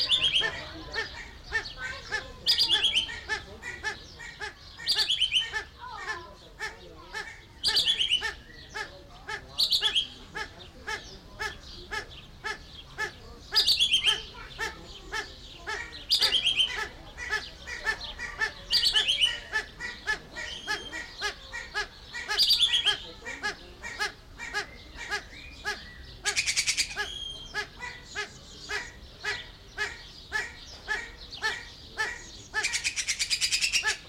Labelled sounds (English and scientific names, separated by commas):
Satyr Tragopan (Tragopan satyra) call